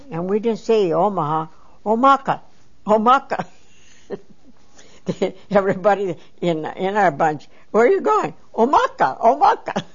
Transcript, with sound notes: And we didn't say Omaha. Omaka, Omaka. ( she laughs ) Everybody in our bunch, "Where are you going?" "Omaka, Omaka."